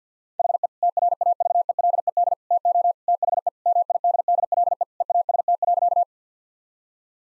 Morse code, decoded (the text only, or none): HE TRAVELED TO THE MIDDLE EAST.